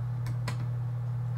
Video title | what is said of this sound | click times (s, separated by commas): [70] Replace a welded-in keyboard in a HP 15-ak085na (TPN-Q159) | that snaps in place like that | 0.3 s, 0.5 s